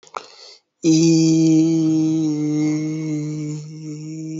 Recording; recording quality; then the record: sustained vowel as in beet; excellent, no background noise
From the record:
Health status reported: exposed to COVID-19, no respiratory illness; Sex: male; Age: 20 years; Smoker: no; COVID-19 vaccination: both doses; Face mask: not worn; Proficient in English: yes